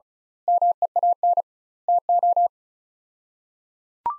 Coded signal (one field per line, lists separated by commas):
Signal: Morse code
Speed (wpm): 36 wpm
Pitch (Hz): 700 Hz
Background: none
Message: MEAN TO